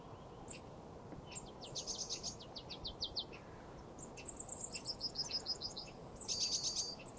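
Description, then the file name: Marsh tit calls, fainter over a hissy background: evenly spaced high chips, then a few quick runs of repeated notes toward the end. "Poecile palustris"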